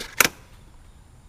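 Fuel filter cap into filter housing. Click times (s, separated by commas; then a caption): 0.2 s. A fuel filter cap on a Ford F-350 6.7L diesel truck is pressed down into its filter housing and turned until it locks. One sharp click sounds at 0.2 s, and the cap is seated and locked.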